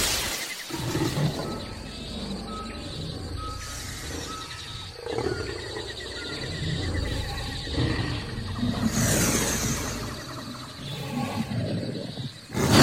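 A dense jungle soundscape for a sound-effects story, with bird calls and chirps layered over a constant low rumble and rustling. The mix shifts every few seconds, with a bright hissing burst near nine seconds and a sharp sound at the very end.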